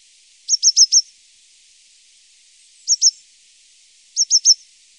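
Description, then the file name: Coal tit giving short groups of two to four very high, quick notes, separated by pauses, over a light background hiss. "Svartmes"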